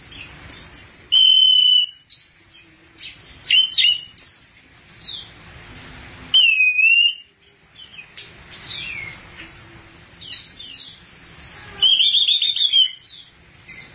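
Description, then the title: Thrush song of varied phrases: whistles, thin high slurs and short chattering trills, in separate bursts with pauses between. "burung anis x"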